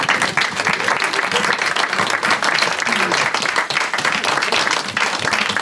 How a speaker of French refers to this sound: Et nous allons continuer d'applaudir pour accueillir, je ne sais pas qui c'est, mais c'est un nom très beau, c'est un petit nom.